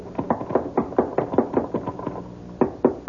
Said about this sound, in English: You get to the top, just bang on the trap door. Well, yes, thank you. Bang hard so he'll hear you.